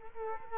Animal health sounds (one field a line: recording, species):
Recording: mosquito wingbeat signal from an infrared sensor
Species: Culex quinquefasciatus